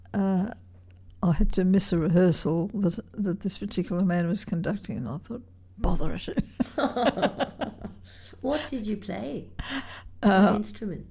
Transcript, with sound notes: I had to miss a rehearsal that this particular man was conducting and I thought, ‘Bother it!’ [laughs]
What did you play? What instrument?